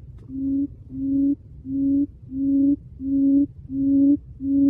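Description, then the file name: Quail calling with low, slightly rising hoots, seven in a row at a steady pace, with a faint low rumble underneath. "Tieng cut um"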